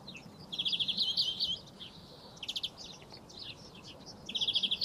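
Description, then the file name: European greenfinch producing a fast rattling trill, then scattered chirps and short notes, finishing with another rapid ticking trill. "Chloris chloris"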